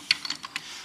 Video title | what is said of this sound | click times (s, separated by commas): TrannyRebuildbyJerry | it snap together didn't you okay | 0.1 s